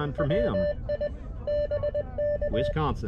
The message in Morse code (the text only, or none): WI BK